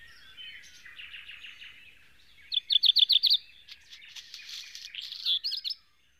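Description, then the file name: Black redstart singing a phrase of warbled notes, a clear rattling series of pulses, and a harsh, scratchy, crackling finish. "hazirozsdafarku"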